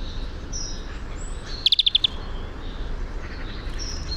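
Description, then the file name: European greenfinch call: a rapid run of six crisp, high chips, with soft bird whistles before and after. "Chloris chloris"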